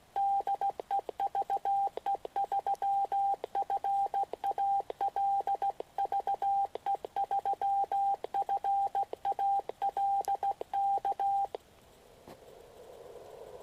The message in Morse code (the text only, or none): DE VE3FAL VE3FAL K